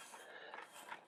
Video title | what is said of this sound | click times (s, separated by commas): Zyuohger DX DODEKAI-OH: Emgo's Super Sentai Reviews N' Stuff | So, just line him up and he just locks into place right there. | 0.5 s